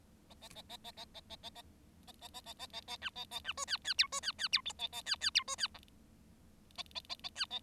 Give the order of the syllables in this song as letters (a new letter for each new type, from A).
A A A A A A A A A A A A A A A A A B A A B C D D E C D D E A A D D E C D F A A A A D A